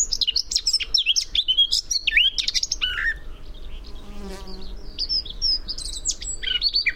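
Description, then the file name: Eurasian blackcap singing a quick jumble of sharp chirps and twisting whistled notes, a brief pause, then more bright varied phrases, with low background hum. "Sylvia atricapilla"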